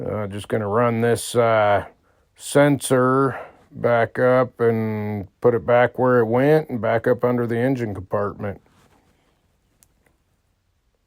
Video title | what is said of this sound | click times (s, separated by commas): 2015-2020 Ford F150 hub assembly (wheel bearing) | actually it didn't snap it was pretty tight fit | none